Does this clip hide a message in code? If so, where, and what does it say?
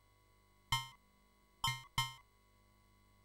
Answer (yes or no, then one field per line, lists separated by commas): no